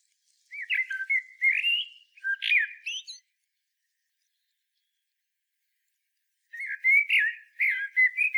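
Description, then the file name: Common blackbird singing a run of mellow warbled whistles with higher squeaky additions, then a long pause before another warbling phrase. "Turdus merula"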